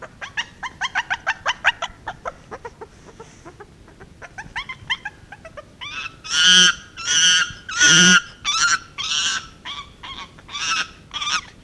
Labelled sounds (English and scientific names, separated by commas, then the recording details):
Chimpanzee (Pan troglodytes)
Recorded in captivity
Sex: female
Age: juvenile
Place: Kinderklinik der Charitè, Berlin, DE
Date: 1965-02-16
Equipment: Smaragd
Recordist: unbekannt, keine Angabe